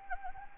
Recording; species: mosquito wingbeat signal from an infrared sensor; Anopheles gambiae